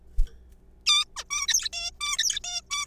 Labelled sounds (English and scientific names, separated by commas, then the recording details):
Zebra Finch (Taeniopygia guttata)
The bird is a juvenile
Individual R3428